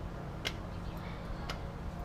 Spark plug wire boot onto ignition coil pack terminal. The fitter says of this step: So now you're just going to push them down until they click.